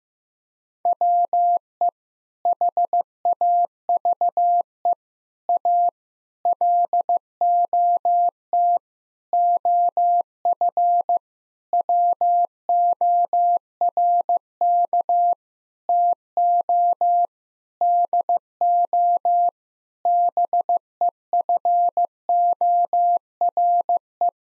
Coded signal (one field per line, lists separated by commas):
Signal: Morse code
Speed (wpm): 15 wpm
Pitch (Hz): 700 Hz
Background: none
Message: WE HAVE A LOT OF WORK TO DO BEFORE